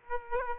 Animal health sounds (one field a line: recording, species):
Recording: mosquito wingbeat signal from an infrared sensor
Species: Aedes aegypti